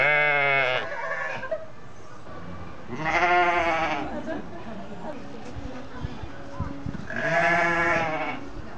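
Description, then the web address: Sheep bleats, three harsh, quavering calls spaced a few seconds apart, with low background rumble and occasional knocks between them. "aso-bit 2018 sheep"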